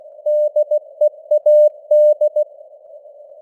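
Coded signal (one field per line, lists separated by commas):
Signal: Morse code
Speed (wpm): 16 wpm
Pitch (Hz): 600 Hz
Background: none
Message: DEAD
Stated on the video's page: Morse news headlines at 16 wpm with simulated radio noise and varying signal strength (QSB).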